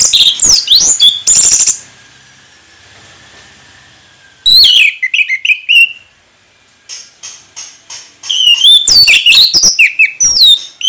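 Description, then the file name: Orange-headed thrush song: energetic mix of whistled slurs, trills and scratchy notes in three bursts with brief gaps. Orange-headed thrush singing in the Indonesian ngeplong style, described as gacor (singing persistently). "anis merah gacor ngeplong"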